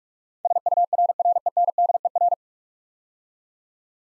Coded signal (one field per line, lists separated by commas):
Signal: Morse code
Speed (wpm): 44 wpm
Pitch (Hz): 700 Hz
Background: none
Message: SURRENDER